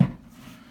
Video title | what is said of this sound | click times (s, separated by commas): The Painter, Inc. Removing wire closet shelving | you'll hear it pop out it shouldn't take too much force | 0.0 s